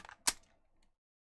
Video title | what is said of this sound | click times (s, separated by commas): The Full Spectrum Podcast: Episode 130 - Polygon's 70 Best Characters | that click sound yep | 0.3 s